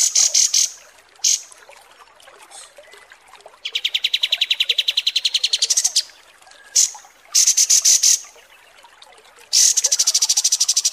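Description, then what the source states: Kapas tembak song: bursts of very high buzzy rattles before and after a lower rapid pulsed trill, separated by short quieter gaps. Masteran training recording of kapas tembak song.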